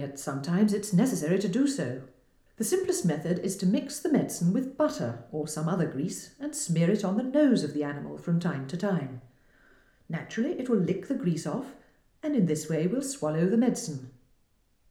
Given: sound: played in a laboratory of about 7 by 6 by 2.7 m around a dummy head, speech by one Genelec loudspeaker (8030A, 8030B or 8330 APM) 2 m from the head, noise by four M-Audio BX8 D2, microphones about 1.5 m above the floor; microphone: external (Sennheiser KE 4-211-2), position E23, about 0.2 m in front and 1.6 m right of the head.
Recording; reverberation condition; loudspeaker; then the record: female speech in English; medium; 60 degrees to the right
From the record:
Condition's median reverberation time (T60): about 510 ms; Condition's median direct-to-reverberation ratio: about -0.5 dB